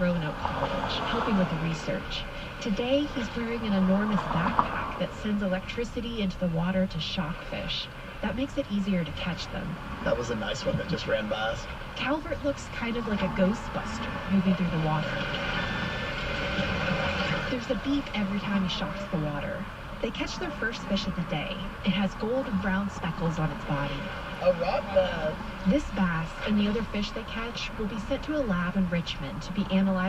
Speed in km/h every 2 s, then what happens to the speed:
0, 0, 0, 0, 0, 0, 0, 0, 0, 0, 0, 0, 0, 0, 0.
0-30 standing.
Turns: none.